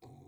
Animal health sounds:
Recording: pig call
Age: weaner (32 to 43 days)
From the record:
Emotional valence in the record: negative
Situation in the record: restrain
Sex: male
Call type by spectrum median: low-frequency call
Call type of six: low-frequency stable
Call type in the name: low-frequency stable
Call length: 0.28 s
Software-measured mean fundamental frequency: 46 Hz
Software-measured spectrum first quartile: 153 Hz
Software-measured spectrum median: 327 Hz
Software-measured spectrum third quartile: 759 Hz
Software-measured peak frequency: 120 Hz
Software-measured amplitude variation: 118 dB a second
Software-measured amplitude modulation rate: 25.2 a second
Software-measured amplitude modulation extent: 4.7 dB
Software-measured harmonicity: -1.1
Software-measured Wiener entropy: -0.19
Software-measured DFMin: 1259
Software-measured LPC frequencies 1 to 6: 781, 2309, 3739, 4163, 4957, 6080 Hz

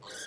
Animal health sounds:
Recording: pig call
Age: piglet (1 to 25 days)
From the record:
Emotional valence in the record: negative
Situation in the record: short isolation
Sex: male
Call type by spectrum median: high-frequency call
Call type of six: mixed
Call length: 0.27 s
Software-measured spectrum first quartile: 1599 Hz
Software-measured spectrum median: 3645 Hz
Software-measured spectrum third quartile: 6525 Hz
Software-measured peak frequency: 1601 Hz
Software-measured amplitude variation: 66 dB a second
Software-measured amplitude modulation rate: 18.7 a second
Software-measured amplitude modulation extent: 3.5 dB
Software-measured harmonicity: 1.3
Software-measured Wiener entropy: -1.93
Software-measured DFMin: 967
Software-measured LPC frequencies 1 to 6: 660, 1594, 3318, 3869, 4837, 6306 Hz

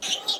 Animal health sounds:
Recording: pig call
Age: piglet (1 to 25 days)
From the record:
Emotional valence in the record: negative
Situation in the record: fighting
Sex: male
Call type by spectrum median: high-frequency call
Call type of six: high-frequency stable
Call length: 0.41 s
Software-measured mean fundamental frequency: 271 Hz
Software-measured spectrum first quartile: 2944 Hz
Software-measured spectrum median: 3740 Hz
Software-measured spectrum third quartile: 4699 Hz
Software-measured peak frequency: 3752 Hz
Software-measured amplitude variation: 192 dB a second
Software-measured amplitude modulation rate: 13.6 a second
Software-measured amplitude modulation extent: 14.2 dB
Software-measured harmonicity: 3.7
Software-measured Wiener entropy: -1.88

